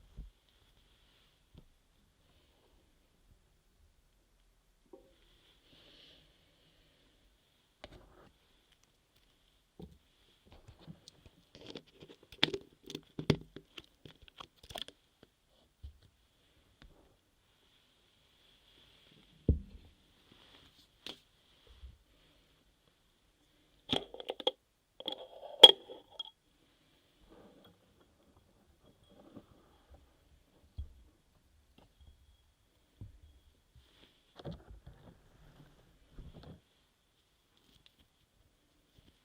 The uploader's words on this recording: ASMR Scrub Ear Massage & Moisturizing Care Rubbing, Stroking, Cleansing, Tapping (No Talking).